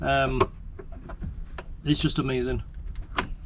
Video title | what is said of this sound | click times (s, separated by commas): Steering Rack problem in the CRX, A little back story Part 14 | all right that clips in there that folds there | 3.2 s